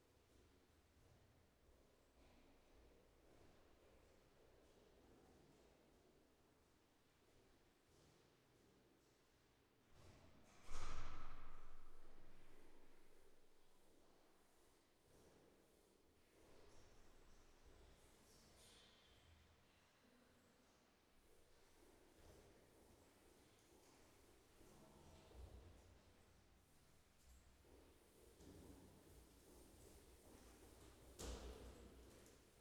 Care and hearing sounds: everyday scene through a hearing-aid microphone; reverberant space; background noise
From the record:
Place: staircase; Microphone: behind the ear, left, rear

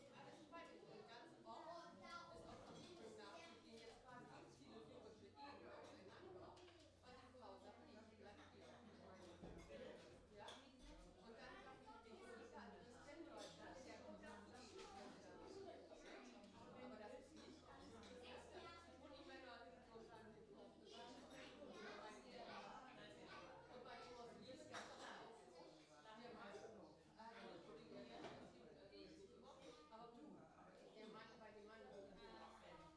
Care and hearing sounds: everyday scene through a hearing-aid microphone; many people talking; many voices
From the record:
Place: parish hall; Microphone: in the ear canal, left

